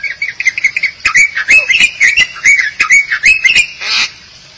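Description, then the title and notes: Starling or myna chattering: a fast, varied run of squeaky, whistled and grating notes for about four seconds, then a rasping note before it stops. "suara burung jalak"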